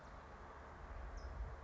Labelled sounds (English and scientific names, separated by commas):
California Towhee (Melozone crissalis)